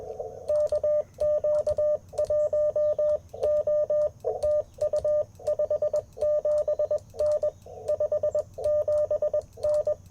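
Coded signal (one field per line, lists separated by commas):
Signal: Morse code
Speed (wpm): 21 wpm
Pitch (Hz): 600 Hz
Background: radio noise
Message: KQ1O TU 57N 57N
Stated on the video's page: Sunrise Parks on the Air CW activation at a national forest, using an Icom IC-705 with a Modern Morse Nameless key and a coil-loaded whip antenna.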